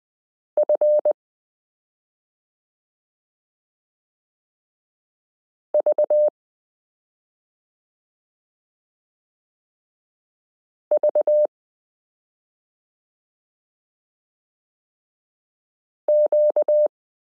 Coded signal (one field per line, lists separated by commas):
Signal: Morse code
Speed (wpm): 20 wpm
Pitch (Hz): 600 Hz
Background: none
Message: FVVQ